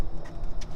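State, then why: Not seated. The door panel's wiring connector on a 2006 GMC Sierra is handled near the door harness during a window regulator repair, about to be plugged back in to power the window switch. Low rustling handling noise is broken by a brief sharp tick around 0.6 seconds. Nothing has seated or clicked yet.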